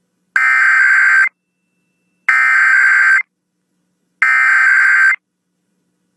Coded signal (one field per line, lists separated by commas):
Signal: Emergency Alert System (SAME) tones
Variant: header bursts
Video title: Illinois Joins The Monthly Check Lists (EAS #10560-10565) 4/3-4/23